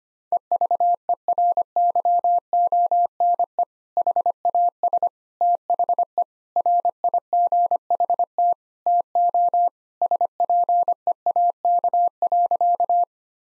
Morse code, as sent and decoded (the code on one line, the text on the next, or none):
. ...- . .-. -.-- --- -. . / .... .- ... / - .... . / .-. .. --. .... - / - --- / ... .--. . .- -.- .-.-.-
EVERYONE HAS THE RIGHT TO SPEAK.